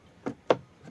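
A non-matching replacement circuit board is plugged into a Bluetooth speaker housing. A light knock at 0.3 s is followed by a sharp, loud click at 0.5 s as the board seats, then a faint tap near 0.9 s.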